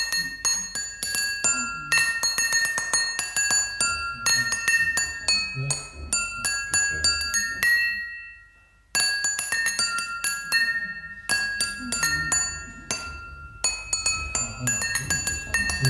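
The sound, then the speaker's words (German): Glasses clink again and again in quick, bright, ringing strikes with sustained high tones, a dense run broken by a brief pause near the middle before the clinking resumes. “Die Säge hört die Gläser klingen.”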